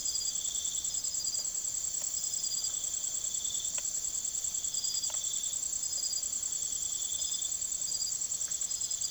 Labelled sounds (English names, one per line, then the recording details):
none
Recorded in secondary vegetation near Puerto Asís, Putumayo, Colombia, on 19 June 2025 at 04:30
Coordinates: 0.489, -76.322
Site G021